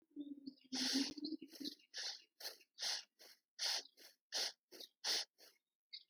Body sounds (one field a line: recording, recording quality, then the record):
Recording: shallow breathing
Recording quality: excellent, no background noise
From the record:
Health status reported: healthy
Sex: male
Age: 25 years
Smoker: yes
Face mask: not worn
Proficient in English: yes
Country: India